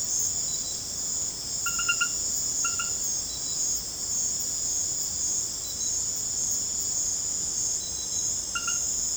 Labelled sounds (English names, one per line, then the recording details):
none
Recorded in secondary vegetation near Puerto Asís, Putumayo, Colombia, on 18 December 2024 at 21:00
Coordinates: 0.489, -76.322
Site G059